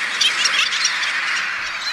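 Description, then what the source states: Black skimmers, a dense chorus of harsh barking calls overlapping throughout. Imperiled species returning to the park after habitat and river flow restoration; calls described as barking.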